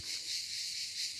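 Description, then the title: Cicada droning steadily, a harsh high-pitched hiss with gentle, slower swells in loudness. "cigales"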